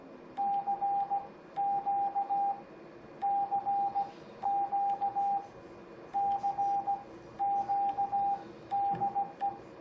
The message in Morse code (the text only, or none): CQ CQ CQ DE